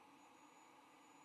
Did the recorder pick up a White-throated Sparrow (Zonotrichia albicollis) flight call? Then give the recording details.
no. No flight call is heard. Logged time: 03:44 on 22 November 2014